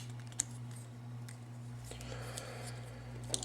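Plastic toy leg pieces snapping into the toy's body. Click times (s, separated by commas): 0.4 s, 3.3 s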